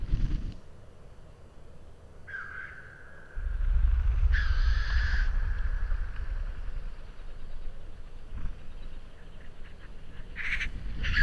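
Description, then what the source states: Black Grouse giving a few harsh, hissing blows, spaced irregularly, over a low rumble that grows louder partway through. Lekking birds in Sweden; display starts with a blowing sound that slowly builds up to cooing, with bass sounds of the wings audible.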